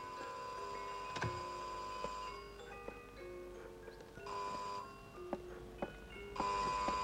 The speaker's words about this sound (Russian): Квартира. Звонок в дверь.